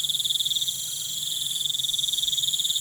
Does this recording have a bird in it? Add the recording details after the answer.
no. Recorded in pastures near Puerto Asís, Putumayo, Colombia, on 23 June 2025 at 19:30. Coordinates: 0.486, -76.323. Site H29